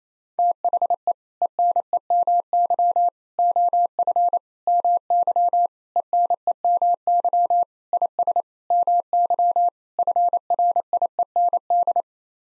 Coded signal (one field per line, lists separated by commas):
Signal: Morse code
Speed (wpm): 27 wpm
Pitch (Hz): 700 Hz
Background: none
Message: THE ENEMY OF MY ENEMY IS MY FRIEND